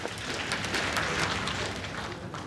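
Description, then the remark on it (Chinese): An audience applauds steadily, a dense wash of many hands clapping at an even, sustained level without pause for the whole stretch, with no voices on top, welcoming two performers onto the stage for a traditional crosstalk (xiangsheng) act at the Xiha Baofu Pu crosstalk club. “咱们掌声有请二位。”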